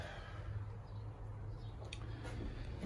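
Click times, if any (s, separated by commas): 1.9 s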